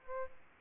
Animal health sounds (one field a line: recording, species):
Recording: mosquito wingbeat signal from an infrared sensor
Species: Aedes albopictus